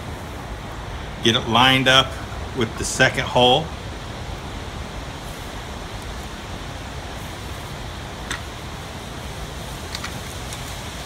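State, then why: Not seated. Someone talks while a metal oil pickup tube, its O-ring lubricated, is lined up with the bolt hole and pushed toward the oil pump inlet on an LS1 engine in a 240sx (S14) build. After the talk ends, a quiet steady background follows, broken by two brief sharp ticks near 8.3 s and 10.0 s. Nothing has seated or clicked yet.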